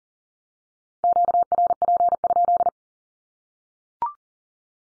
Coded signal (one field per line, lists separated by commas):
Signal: Morse code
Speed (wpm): 40 wpm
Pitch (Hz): 700 Hz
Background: none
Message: QRP?